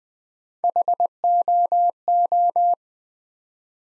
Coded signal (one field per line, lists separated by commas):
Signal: Morse code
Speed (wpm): 20 wpm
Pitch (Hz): 700 Hz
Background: none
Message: HOO